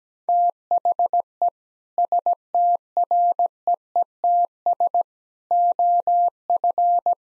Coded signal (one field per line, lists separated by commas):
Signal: Morse code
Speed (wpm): 17 wpm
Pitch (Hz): 700 Hz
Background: none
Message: THE STREETS OF